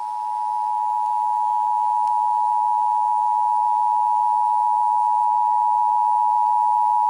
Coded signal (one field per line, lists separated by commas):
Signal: Emergency Alert System (SAME) tones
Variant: 853 and 960 Hz attention tone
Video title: (EAS #993-1,002) March 2026 Texas Required Monthly Test